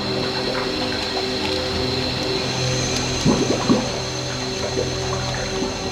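Water gurgles and bubbles over a steady low hum, with a short burst of louder glugging in the middle, as a boat that was rammed and broken goes under.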